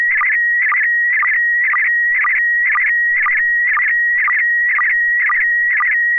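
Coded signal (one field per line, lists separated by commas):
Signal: SSTV (slow-scan television)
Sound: steady high whistle interrupted twice a second by short warbling chirps and low blips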